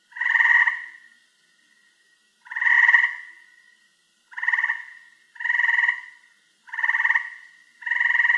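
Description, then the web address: Frog croaking: six harsh, buzzy croaks, each about a second long, separated by uneven pauses. "log frogs"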